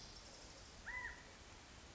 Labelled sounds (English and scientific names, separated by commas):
California Quail (Callipepla californica)